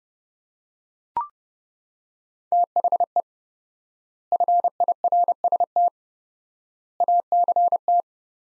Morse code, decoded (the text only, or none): THE FIRST ACT